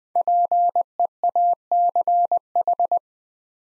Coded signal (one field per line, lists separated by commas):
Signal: Morse code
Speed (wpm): 20 wpm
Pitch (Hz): 700 Hz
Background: none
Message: PEACH